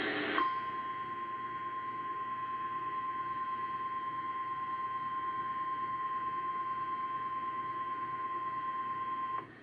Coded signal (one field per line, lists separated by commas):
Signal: Emergency Alert System (SAME) tones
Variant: 1050 Hz attention tone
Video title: NWS EAS Tornado Warning, Tornado Emergency Warning, Jefferson City, Missouri, 5/22/2019 Scary! Rare!